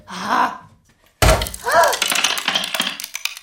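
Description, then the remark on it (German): A sudden heavy crash of a new dish dropped while dishes are being put away, followed by a couple of seconds of scattered clinks and rattling pieces. A brief voice sounds just before the impact and another cuts through the clatter. “Das ist kein Sprung, das ist nur...”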